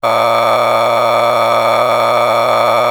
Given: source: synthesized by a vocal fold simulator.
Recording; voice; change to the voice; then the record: sustained vowel; male; a random mix of aspiration noise, stiffness perturbation and strain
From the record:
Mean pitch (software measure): 114 Hz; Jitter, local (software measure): 3.90%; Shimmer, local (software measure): 11.9%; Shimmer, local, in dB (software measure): 1.00 dB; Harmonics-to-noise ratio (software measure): 4.9 dB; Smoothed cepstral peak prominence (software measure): 11.9 dB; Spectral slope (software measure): -12.5 dB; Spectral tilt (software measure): -10.0 dB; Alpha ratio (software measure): -2.9 dB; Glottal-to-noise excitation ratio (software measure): 0.913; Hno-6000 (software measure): 1.8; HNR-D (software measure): 19.2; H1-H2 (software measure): 0.8 dB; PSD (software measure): 1.6e-03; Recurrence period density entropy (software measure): 0.134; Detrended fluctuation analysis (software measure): 0.0314